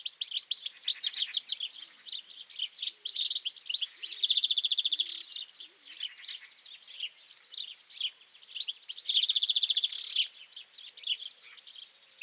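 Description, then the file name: European goldfinch singing a fast, continuous jumble of liquid chirps and twittering, with two drawn-out buzzy trills in the middle and near the end. "Carduelis carduelis"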